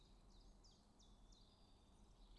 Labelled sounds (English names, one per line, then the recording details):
Common Chiffchaff
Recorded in Germany
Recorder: ecoPi